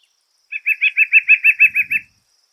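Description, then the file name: Woodpecker call: a quick, even series of about ten sharp notes at one pitch, lasting under two seconds, with a faint low rumble near the end. "Canto do Pica Pau do Peito Branco"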